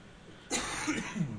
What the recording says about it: Coughing. Yeah, you can hear it. We're all coughing because it's pretty smoky.